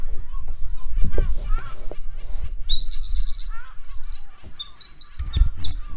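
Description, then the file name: Eurasian wren song: a fast, high run of sharp trills and twittering notes, with low rumbling noise underneath. "Troglodytes troglodytes"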